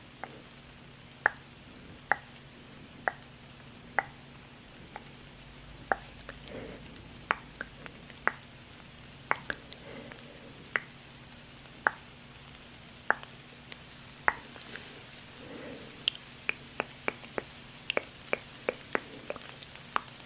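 Sharp tongue clicks pop out in a loose, fairly steady rhythm, roughly one per second, over a soft continuous hiss and faint low hum.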